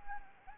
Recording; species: mosquito wingbeat signal from an infrared sensor; Anopheles gambiae